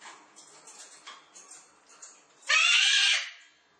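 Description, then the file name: Cockatoo: soft scratchy chatter and faint ticks lead into a single loud, harsh screech lasting about 0.7 seconds near the end. "cacatua"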